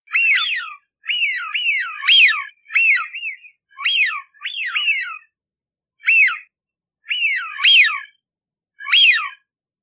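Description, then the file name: Eurasian wigeon whistled calls, a series of several clear rising-then-falling notes, some doubled, given in bursts with short pauses, against a silent background. "Fischione"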